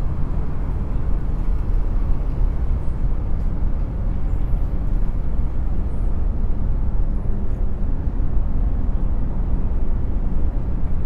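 A city soundscape settles into a steady, dense murmur of low rumbling noise, much like traffic blending into one continuous hum. The level stays even throughout, heavy in the lows and thinning toward the top, with a few faint high chirps around three and six seconds.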